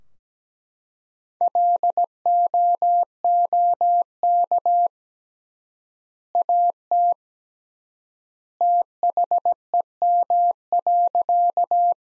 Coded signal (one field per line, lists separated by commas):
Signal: Morse code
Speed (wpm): 17 wpm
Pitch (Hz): 700 Hz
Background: none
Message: LOOK AT THEM.